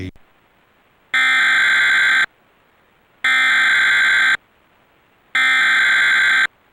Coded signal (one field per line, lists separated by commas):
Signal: Emergency Alert System (SAME) tones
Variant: header bursts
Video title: (EAS #64) Suddenlink / Optimum - Tornado Warning (Parkersburg, WV) (3/30/2024)